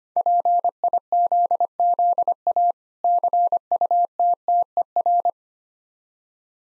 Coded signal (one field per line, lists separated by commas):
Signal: Morse code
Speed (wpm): 25 wpm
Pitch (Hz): 700 Hz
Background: none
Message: PIZZA CUTTER